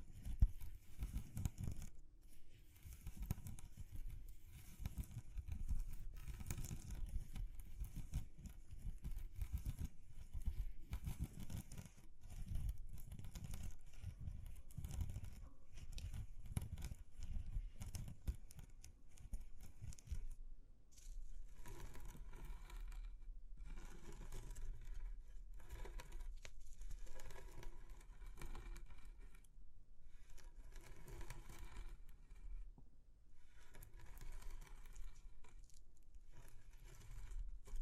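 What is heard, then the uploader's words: A textured sound collage opens with a dense, churning low rumble that swells and pulses for about twenty seconds. It then shifts to a thinner texture: a steady low hum under scattered clicks and patter-like taps that come and go until the end. ASMR Exploring Textures (No Talking).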